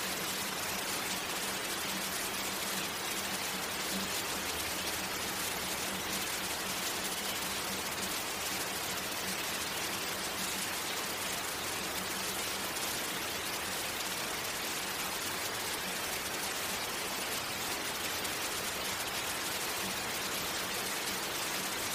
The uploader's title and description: Calming Rain and Thunder Sounds. The gentle pitter-patter of raindrops and the distant rumble of thunder